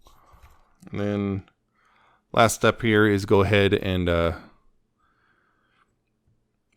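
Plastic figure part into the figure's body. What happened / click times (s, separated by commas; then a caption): A plastic toy part is handled without any seating click yet / none. During the last step of transforming a plastic Transformers Legacy Velocitron Speedia 500 Collection Blurr action figure into robot mode, a part is handled and moved into position against the figure's body while someone talks. Only faint handling noise is heard between the words, and the part has not clicked into place yet.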